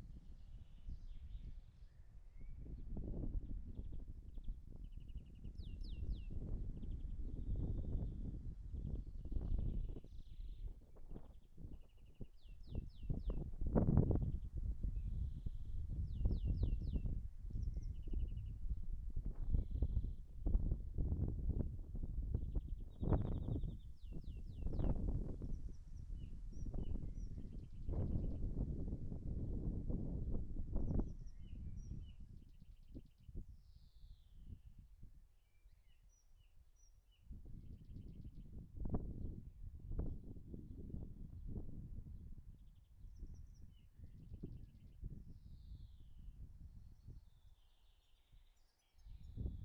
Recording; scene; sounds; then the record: everyday scene through a hearing-aid microphone; wind on the microphone; wind, birds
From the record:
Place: in front of a rural house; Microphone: behind the ear, right, rear